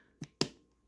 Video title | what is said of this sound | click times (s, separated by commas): Shoei RF-1400 vs RF-1200 | hear that so there is a positive lock and to unlock it | 0.2 s, 0.4 s